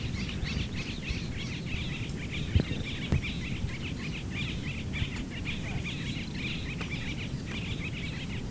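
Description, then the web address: Bird song: a rapid series of short high chirps repeated steadily throughout, partly masked by a constant low rumbling noise. Morning bird song. "safari sounds Morning Bird Sounds"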